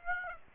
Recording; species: mosquito wingbeat signal from an infrared sensor; Aedes aegypti